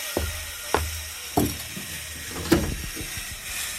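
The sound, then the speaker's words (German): A saw working through wood: uneven, scraping strokes, with four sharper, louder rasps among softer ones over a low steady background. No one speaks. “Ich glaube, du musst dir noch eine zweite Säge kaufen, damit du genug Lärm machen kannst.”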